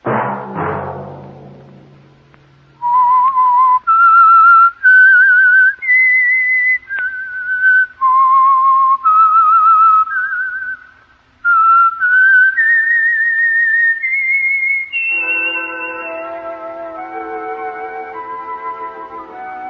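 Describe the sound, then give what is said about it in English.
The whistled signal theme of the Signal Oil radio program The Whistler: a lone, clear, high melody of sustained notes stepping up and down, with short pauses between phrases, ending on a held note as a fuller musical chord swells underneath. “That whistle be your signal for the Signal Oil program, The Whistler, each Sunday night at this same time.”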